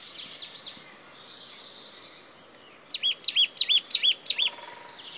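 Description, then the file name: Marsh tit calls: a few soft high notes, a quiet pause, then a burst of loud, arched notes. "Poecile palustris"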